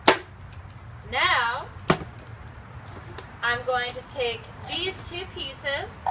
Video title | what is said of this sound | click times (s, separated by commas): Blower/Vacuum/Mulcher by Sun Joe | we're good to go click this back into place | 0.1 s